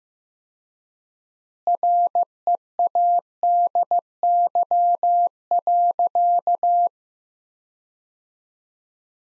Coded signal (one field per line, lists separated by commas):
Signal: Morse code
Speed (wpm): 15 wpm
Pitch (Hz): 700 Hz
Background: none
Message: READY.